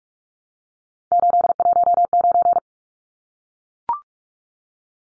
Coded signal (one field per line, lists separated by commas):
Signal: Morse code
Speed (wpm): 44 wpm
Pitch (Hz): 700 Hz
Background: none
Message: 819